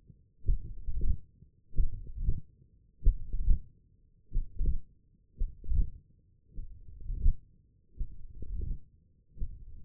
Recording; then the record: forearm muscle sounds (acoustic myography)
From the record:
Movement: hand closing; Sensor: system 1, eight BSWA MPA416 microphones around the upper forearm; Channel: 7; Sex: male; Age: 21 years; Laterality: right